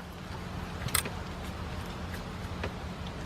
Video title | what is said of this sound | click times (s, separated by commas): Part 4 - 2001 Dodge Grand Caravan - 3.3 - Head Gaskets | You'll hear a click. | 0.9 s